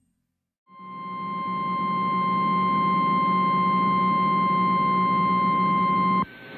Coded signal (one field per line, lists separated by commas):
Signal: Emergency Alert System (SAME) tones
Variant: 1050 Hz attention tone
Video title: IT JUST NEVER STOPS... | EAS Alerts from 6/20/2022 (EAS #1202-1233)